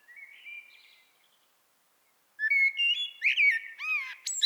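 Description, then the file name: Common blackbird song: a soft, fluting whistle fades out, then after a pause a louder warbled phrase ends in high, squeaky twittering notes. "Turdus merula"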